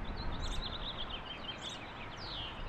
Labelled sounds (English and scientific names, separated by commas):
House Finch (Haemorhous mexicanus) song